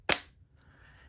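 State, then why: Seated. A space black iPhone 14 Pro Max is pressed into a thin aramid fiber Pitaka MagEZ 3 case. It gives one sharp, loud, bright snap at 0.1 s that fades within about two tenths of a second, followed by a faint, much quieter tick near 0.6 s and low background hiss. The phone snaps firmly into the case with a satisfying click.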